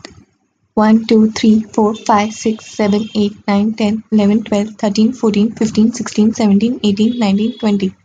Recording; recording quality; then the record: counting at a fast pace; excellent, no background noise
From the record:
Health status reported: healthy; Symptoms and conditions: none ticked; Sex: female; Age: 21 years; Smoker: not ticked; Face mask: not worn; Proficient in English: yes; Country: India